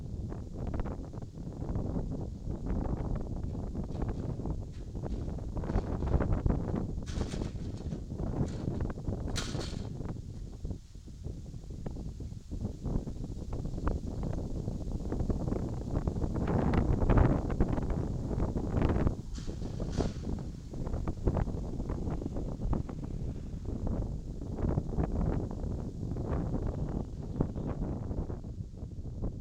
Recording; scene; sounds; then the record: everyday scene through a hearing-aid microphone; wind on the microphone; wind, other noises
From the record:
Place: in front of a rural house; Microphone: in the ear canal, left